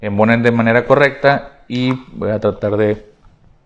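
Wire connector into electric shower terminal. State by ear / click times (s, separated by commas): not seated / none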